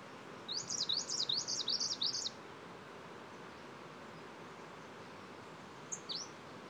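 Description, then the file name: Bird singing a fast, high series of sharp zigzag notes for nearly two seconds, then quiet hiss and a brief high note near the end. Song of ludlowi taxon, 9 July 2016. "ludlowi song 160709"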